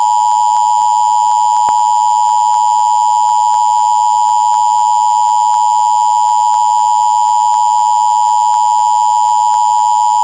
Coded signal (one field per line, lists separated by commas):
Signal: Emergency Alert System (SAME) tones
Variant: 853 and 960 Hz attention tone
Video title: EAS Mock #2- Civil Emergency Message